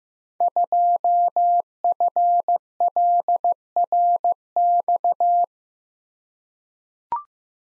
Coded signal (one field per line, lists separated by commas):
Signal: Morse code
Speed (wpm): 15 wpm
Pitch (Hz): 700 Hz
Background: none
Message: 2FLRX